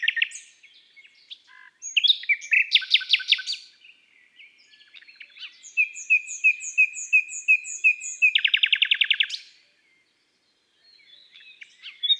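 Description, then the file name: Common nightingale song in varied bursts: sharp chirps, a run of about eight repeated clear whistled notes, then a fast, loud, dry rattling trill, with brief silent pauses between phrases. From an album of bird songs of woods and forests. "Rossignol philomele Chants doiseaux des bois et des forets"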